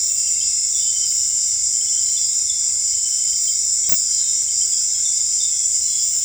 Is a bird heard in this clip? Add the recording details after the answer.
no. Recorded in dense forest near Puerto Asís, Putumayo, Colombia, on 21 December 2024 at 18:30. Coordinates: 0.485, -76.318. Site GP03